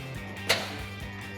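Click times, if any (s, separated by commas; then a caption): 0.5 s. The upper mounting clip on an aftermarket black-housing Raxiom LED headlight (plastic housing) for a 2016-2021 Tacoma is pushed down into its retainer behind the bumper. A single sharp, bright snap is heard at 0.5 s over a steady low tonal background. The clip snaps and is seated in place.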